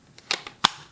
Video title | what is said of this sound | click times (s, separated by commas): HTC VIVE Focus Vision: Everything You Need to Know! | this one has like a nice clicking sound | 0.3 s, 0.7 s